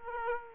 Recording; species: mosquito wingbeat signal from an infrared sensor; Aedes aegypti